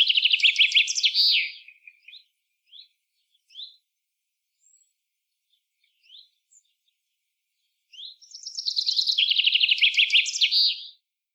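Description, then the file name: Common chaffinch giving two songs of rapid descending trills, separated by several seconds with scattered short high chips between them. "Fringilla coelebs"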